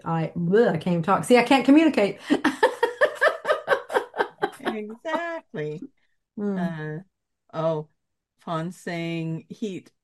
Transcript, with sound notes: I can't even talk. See, I can't communicate. (laughs)
Exactly.
Hmm.
Uh, oh, Fawn's saying, "Heat."